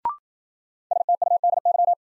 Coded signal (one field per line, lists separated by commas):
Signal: Morse code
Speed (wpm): 51 wpm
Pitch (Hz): 700 Hz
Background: none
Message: STUDY